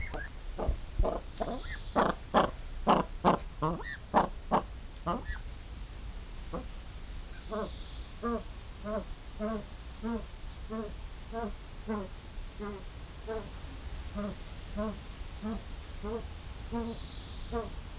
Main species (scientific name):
Crossoptilon crossoptilon